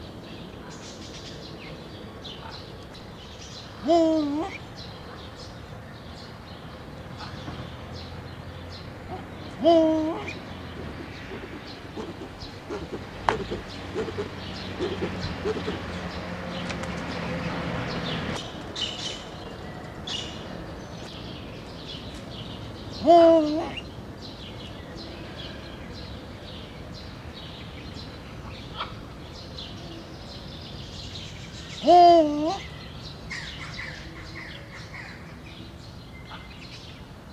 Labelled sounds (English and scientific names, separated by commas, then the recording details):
Eurasian Eagle-owl (Bubo bubo) call
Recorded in captivity
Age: adult
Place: Zoo Schwerin, Mecklenburg-Vorpommern, DE
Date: 1982-06-15 18:17
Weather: wolkig-heiter, 17°C
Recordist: Tembrock, Günter